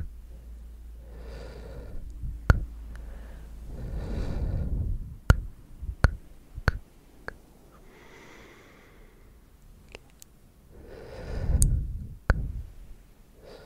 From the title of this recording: ASMR clicky mouth sounds, tktk, sksk, tongue clicking and more